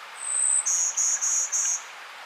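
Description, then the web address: Golden-winged warbler singing a high drawn-out buzz, then four shorter, lower buzzy notes in a steady series, with soft hiss behind. "Outdoor Ed Girl Scout Golden-Winged. Warbler"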